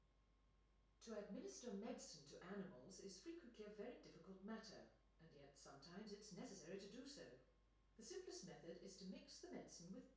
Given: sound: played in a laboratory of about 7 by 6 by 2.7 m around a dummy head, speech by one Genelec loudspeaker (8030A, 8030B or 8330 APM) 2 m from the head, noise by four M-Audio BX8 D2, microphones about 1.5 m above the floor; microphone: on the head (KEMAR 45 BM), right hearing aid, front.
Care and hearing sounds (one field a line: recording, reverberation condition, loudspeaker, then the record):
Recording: female speech in English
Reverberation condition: medium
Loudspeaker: 120 degrees to the left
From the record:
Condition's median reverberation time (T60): about 510 ms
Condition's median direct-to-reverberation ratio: about -0.5 dB